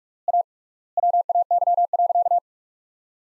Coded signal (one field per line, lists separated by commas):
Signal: Morse code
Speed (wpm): 46 wpm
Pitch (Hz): 700 Hz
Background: none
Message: A WAY.